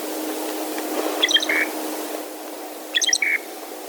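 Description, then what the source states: Loggerhead Shrike uttering two brief hiccuping bursts, each a clipped stutter ending in a short buzz, with low background hum. Longer song, unmusical and hiccup-like, commonly heard from this shrike.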